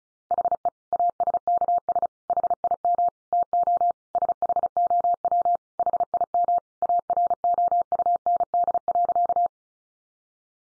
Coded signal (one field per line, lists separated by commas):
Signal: Morse code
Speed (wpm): 34 wpm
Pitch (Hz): 700 Hz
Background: none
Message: HE ASKS HIM TO SHOW HIM AROUND.